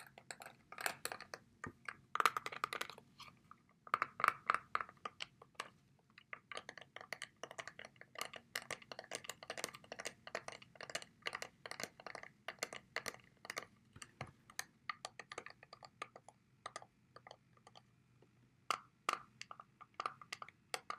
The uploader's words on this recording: This wireless charger made some great ASMR sounds.